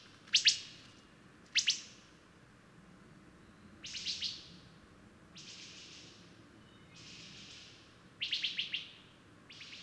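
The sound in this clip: Bird song of scattered chirpy, rattling bursts, a few sharp and loud, others softer and smeared, spaced irregularly over a low steady hum.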